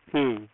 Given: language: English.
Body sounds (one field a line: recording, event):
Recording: throat vibration sensor signal played as sound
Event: speech